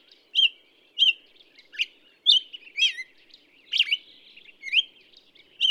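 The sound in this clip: Black-headed Grosbeak song, clear whistled phrases with swooping up-and-down notes, delivered in an uneven, lilting sequence.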